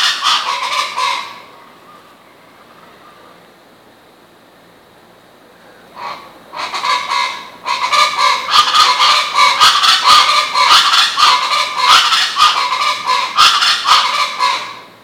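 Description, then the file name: Chachalaca calls, loud raucous harsh notes in rapid chorus, a brief burst, a pause of several seconds, then a sustained clattering stretch of repeated cackles. "Guacharaca"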